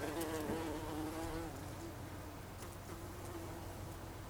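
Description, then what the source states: Bumblebee buzz, a wavering droning tone during the first second and a half, then fading into a steady low hum. Bumblebees (Icelandic hunangsflugur), recorded on 26 August 2012.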